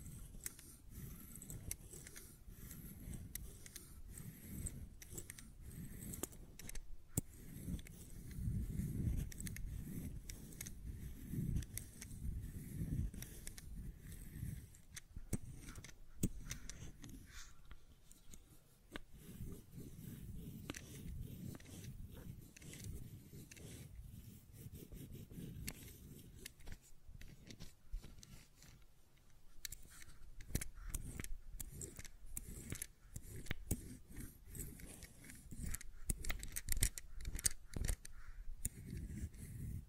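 Fidget cube tapping and clicking, with sharp irregular clicks throughout over a low rumbling handling noise, growing busier near the end.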